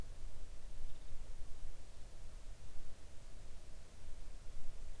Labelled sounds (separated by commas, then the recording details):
near silence
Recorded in the Arctic National Wildlife Refuge, Alaska, on 3 August 2019 at 05:35
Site 41